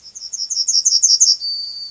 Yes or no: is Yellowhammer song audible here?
yes